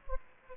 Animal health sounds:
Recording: mosquito wingbeat signal from an infrared sensor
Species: Aedes aegypti

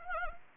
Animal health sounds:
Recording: mosquito wingbeat signal from an infrared sensor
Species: Anopheles gambiae

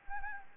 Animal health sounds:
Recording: mosquito wingbeat signal from an infrared sensor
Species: Anopheles arabiensis

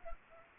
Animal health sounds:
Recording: mosquito wingbeat signal from an infrared sensor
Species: Culex pipiens

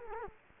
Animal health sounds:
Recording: mosquito wingbeat signal from an infrared sensor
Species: Culex quinquefasciatus

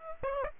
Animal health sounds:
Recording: mosquito wingbeat signal from an infrared sensor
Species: Aedes aegypti

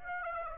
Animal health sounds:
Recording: mosquito wingbeat signal from an infrared sensor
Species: Aedes aegypti

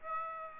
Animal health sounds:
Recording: mosquito wingbeat signal from an infrared sensor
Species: Aedes aegypti

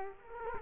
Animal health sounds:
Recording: mosquito wingbeat signal from an infrared sensor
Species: Culex quinquefasciatus

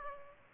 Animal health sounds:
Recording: mosquito wingbeat signal from an infrared sensor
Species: Aedes aegypti

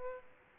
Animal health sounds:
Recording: mosquito wingbeat signal from an infrared sensor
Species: Aedes aegypti

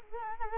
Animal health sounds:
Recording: mosquito wingbeat signal from an infrared sensor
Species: Culex quinquefasciatus

